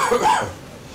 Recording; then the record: coughing mixed with background sound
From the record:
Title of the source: Spring Cold Coughing 2